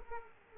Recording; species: mosquito wingbeat signal from an infrared sensor; Aedes aegypti